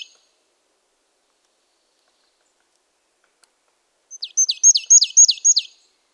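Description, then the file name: Marsh tit: after a long quiet gap, a rapid series of several high, steeply falling notes at an even pace. "Poecile palustris"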